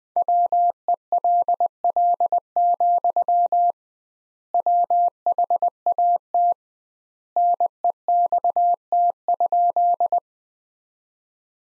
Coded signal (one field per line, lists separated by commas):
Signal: Morse code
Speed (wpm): 20 wpm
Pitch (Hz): 700 Hz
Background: none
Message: WELL, WHAT NEXT?